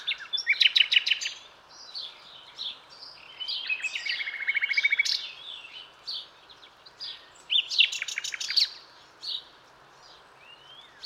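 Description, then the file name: Common nightingale song of loud, rapid rattling note series and a quick repeated staccato run, with varied chirps and whistles between phrases and brief quiet gaps. "Luscinia megarhynchos"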